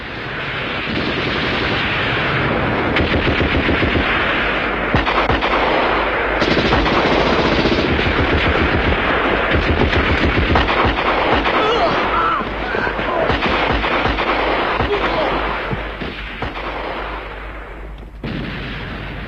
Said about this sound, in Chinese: 杀声、喊声、枪声、炮声响成了一锅，从拂晓打到黄昏，从黄昏打到天明，直打得硝烟漫地、火光冲天。